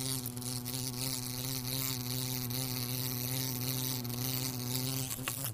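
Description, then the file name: Bumblebee wing buzz, a continuous loud, deep drone with steady pitch throughout, ending with a brief dip at the close. "zvuki shmelia"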